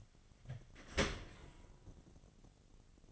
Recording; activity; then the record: daily activity, microphone in the room; open dishwasher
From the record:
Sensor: 4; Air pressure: 1007.7 hPa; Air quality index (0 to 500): 194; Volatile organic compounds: 6 ppm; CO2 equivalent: 1938 ppm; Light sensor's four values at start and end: 22/71/27/26 and 22/69/26/25